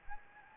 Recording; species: mosquito wingbeat signal from an infrared sensor; Anopheles arabiensis